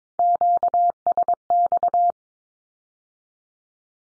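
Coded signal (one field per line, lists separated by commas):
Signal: Morse code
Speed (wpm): 22 wpm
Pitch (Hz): 700 Hz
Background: none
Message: QSX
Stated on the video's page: Morse Q-codes sent at 22 wpm as statement or question, then repeated after spoken meaning; code-learning drill.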